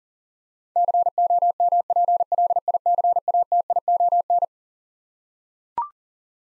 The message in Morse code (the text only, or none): COMPLICATION